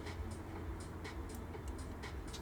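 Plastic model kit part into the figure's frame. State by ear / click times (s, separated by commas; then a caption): not seated / none. A plastic model kit part is handled against the frame of an RX-78-2 Gundam MG Version 3.0 figure, with short, faint scraping and rustling bursts over a steady low background rumble. Nothing has seated or clicked yet.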